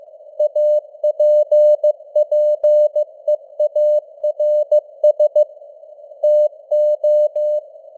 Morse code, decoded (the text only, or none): APPEARS TO